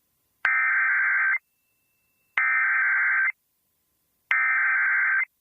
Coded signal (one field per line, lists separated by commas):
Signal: Emergency Alert System (SAME) tones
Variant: header bursts